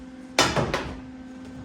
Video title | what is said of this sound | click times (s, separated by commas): Race prep for the PNW4WDA 2024 season! | So you loop it in and then push forward, and it clicks right in. | 0.4 s